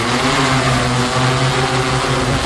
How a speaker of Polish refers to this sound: Ten statek powietrzny to DJI Matrix 200, wersja druga. To jest sama platforma i do niej mamy zamontowaną kamerę. Przy użyciu tej kamery działamy w ten sposób, że obserwujemy wykroczenia w ruchu drogowym